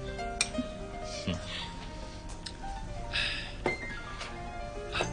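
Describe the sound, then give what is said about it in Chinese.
A few sharp glassy clinks of glasses touching in a toast ring out at uneven intervals, each leaving a brief high tone that fades, over a low, steady background murmur. “来，为我这个希望早日实现，干杯。”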